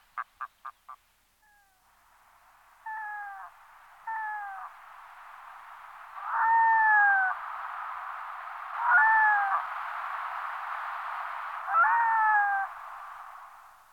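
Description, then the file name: Red-throated loon calls: a few sharp clicks at the start, then drawn-out, bending nasal wails every one to three seconds over a steady hiss. "Potaplice mala Gavia stellata"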